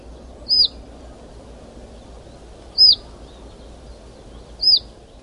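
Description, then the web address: Russet sparrow calls: three short, high, downslurred chirps spaced about two seconds apart over a low steady hum. Recorded in Taiwan. "山麻雀"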